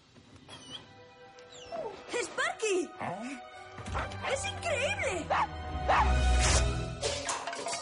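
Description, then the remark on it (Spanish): A dog whimpers and yips in a string of short, high, wavering cries that bend up and down in pitch, over a low rumbling hum that grows louder in the second half. “¡Tu perro está vivo!”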